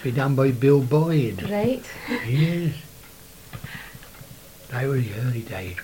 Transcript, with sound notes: Used to be done by Bill Boyd.
Right. [laughs]
Yes. They were the early days.